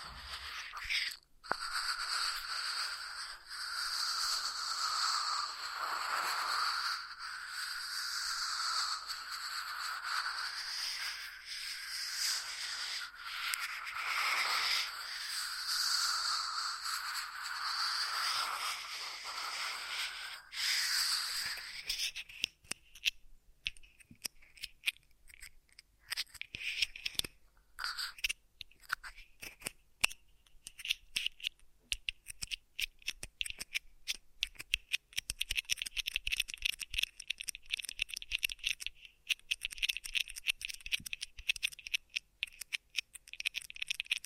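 Ear massage triggers: for roughly the first twenty seconds a dense, steady rubbing hiss swells and eases in slow waves. After that it breaks into sparse, crackly taps and scratches, thickening again near the end into a brisk, bright scraping rustle.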